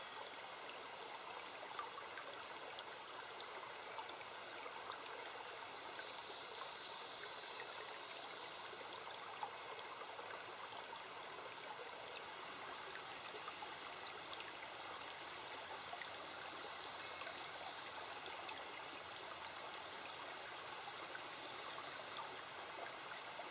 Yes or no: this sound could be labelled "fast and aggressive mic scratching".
no